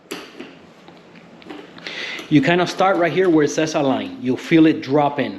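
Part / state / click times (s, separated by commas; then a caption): top burr carrier in coffee grinder / not seated / none. The plastic top burr carrier of a Breville Smart Grinder Pro coffee grinder is lined up at the align mark and settled down into place, ready to be turned to lock. Soft knocks and handling noises come in the first two seconds, then someone talks from about 2.3 s onward. Nothing has clicked or locked yet.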